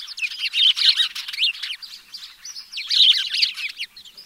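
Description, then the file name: House sparrow chirping, a dense, continuous chatter of overlapping bright notes that swells twice. "Passer domesticus"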